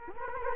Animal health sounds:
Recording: mosquito wingbeat signal from an infrared sensor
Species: Culex quinquefasciatus

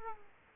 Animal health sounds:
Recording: mosquito wingbeat signal from an infrared sensor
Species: Aedes aegypti

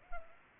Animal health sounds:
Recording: mosquito wingbeat signal from an infrared sensor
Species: Culex pipiens

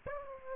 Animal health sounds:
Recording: mosquito wingbeat signal from an infrared sensor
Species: Aedes aegypti

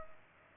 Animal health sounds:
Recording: mosquito wingbeat signal from an infrared sensor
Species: Culex pipiens

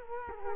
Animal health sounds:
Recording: mosquito wingbeat signal from an infrared sensor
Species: Culex quinquefasciatus

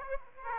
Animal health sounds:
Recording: mosquito wingbeat signal from an infrared sensor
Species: Aedes aegypti

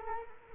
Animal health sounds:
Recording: mosquito wingbeat signal from an infrared sensor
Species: Culex quinquefasciatus

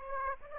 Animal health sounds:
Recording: mosquito wingbeat signal from an infrared sensor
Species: Aedes aegypti

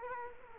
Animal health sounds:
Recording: mosquito wingbeat signal from an infrared sensor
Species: Culex quinquefasciatus

